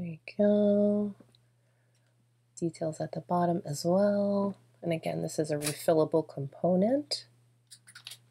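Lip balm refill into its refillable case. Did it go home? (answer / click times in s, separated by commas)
yes / 8.1 s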